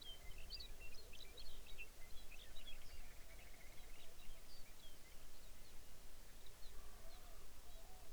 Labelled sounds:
songbird, grouse or ptarmigan
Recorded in the Arctic National Wildlife Refuge, Alaska, on 23 May 2019 at 05:13
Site 49

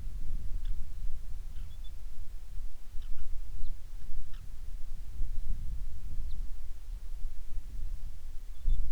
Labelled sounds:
bird, wind
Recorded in the Prudhoe Bay oil fields, Alaska, on 10 July 2019 at 10:15
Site 11

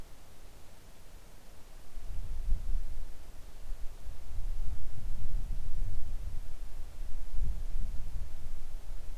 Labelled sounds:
wind, rain
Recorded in the Arctic National Wildlife Refuge, Alaska, on 3 August 2019 at 10:16
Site 41

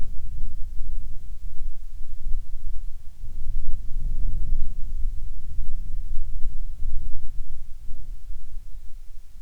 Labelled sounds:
insects
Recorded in the Prudhoe Bay oil fields, Alaska, on 10 July 2019 at 13:59
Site 14

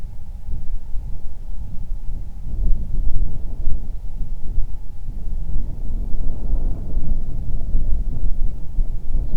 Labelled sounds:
bird, wind
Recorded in the Prudhoe Bay oil fields, Alaska, on 31 July 2019 at 07:42
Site 24

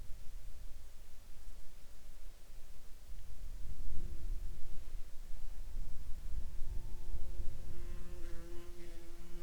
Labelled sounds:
wind, insects
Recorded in the Arctic National Wildlife Refuge, Alaska, on 7 July 2021 at 21:25
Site 39

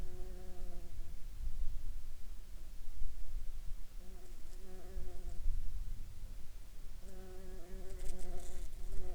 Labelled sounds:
insects
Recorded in the Prudhoe Bay oil fields, Alaska, on 29 July 2019 at 12:44
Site 21

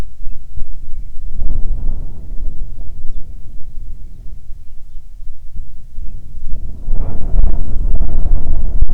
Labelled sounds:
bird, wind
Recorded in the Arctic National Wildlife Refuge, Alaska, on 9 July 2019 at 22:32
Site 48

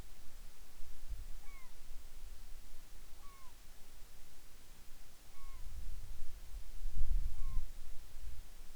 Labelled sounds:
bird
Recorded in the Arctic National Wildlife Refuge, Alaska, on 10 July 2019 at 18:36
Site 44

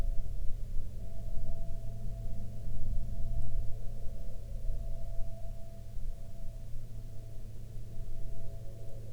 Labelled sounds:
aircraft
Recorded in the Prudhoe Bay oil fields, Alaska, on 7 August 2019 at 13:18
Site 13

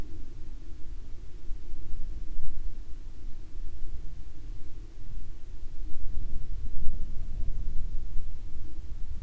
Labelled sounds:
wind, aircraft
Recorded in the Prudhoe Bay oil fields, Alaska, on 20 July 2019 at 18:10
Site 17

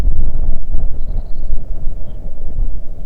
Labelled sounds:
songbird, wind
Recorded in the Arctic National Wildlife Refuge, Alaska, on 3 June 2019 at 05:27
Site 37

